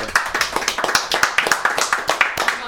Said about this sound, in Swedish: Ja, det är applåd på det. Jag kan alla applådera här inne.